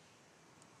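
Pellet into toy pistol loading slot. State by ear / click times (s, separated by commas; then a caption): not seated / none. A small plastic pellet is being handled at the loading slot of a toy pistol, but it has not been pushed home and nothing has seated or clicked yet. Only steady broadband background noise is heard, with a brief faint tick at about 0.6 s.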